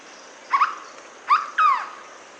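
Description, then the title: Hooded berryeater giving a clipped double note, then two longer whistled notes, the last one falling. "LuckyPassaro Completos2Sama. Hooded Berryeater (Carpornis cucullata)"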